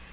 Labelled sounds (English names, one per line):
Black-throated Green Warbler flight call